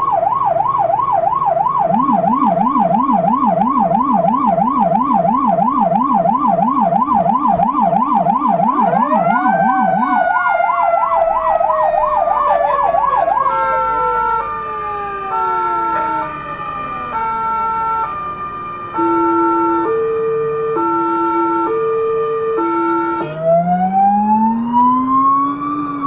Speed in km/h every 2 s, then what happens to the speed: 39, 40, 43, 36, 24, 22, 24, 28, 32, 34, 35, 35, 39.
4-9 brakes to 22. 11-26 speeds up to 39.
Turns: none.